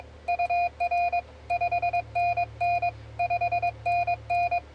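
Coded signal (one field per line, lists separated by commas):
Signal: Morse code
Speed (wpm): 22 wpm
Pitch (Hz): 700 Hz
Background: none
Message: UR 5NN 5NN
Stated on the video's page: Morse contact from a mobile station on 20 m, 14.017 kHz CW.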